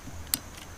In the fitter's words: it's a little tricky getting it in there there we go you heard it pop